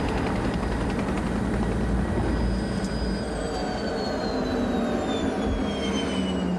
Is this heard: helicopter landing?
yes